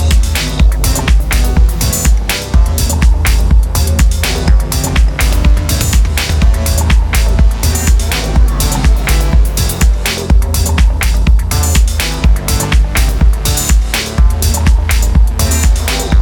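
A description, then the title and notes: In a garden, a loud, dense, unbroken sound with heavy low rumble and quick regular beats continues steadily for the entire stretch. Record in a garden.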